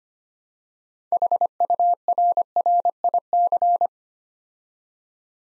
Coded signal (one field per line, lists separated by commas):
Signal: Morse code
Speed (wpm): 25 wpm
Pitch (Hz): 700 Hz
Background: none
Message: HURRIC